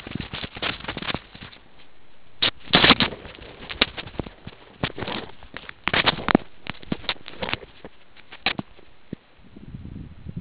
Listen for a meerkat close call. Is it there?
no